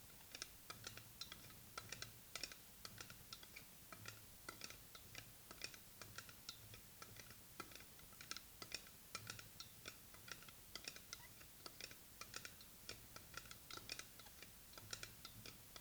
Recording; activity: daily activity, guitar pickup as the sensor; fry